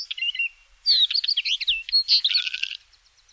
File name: wheatear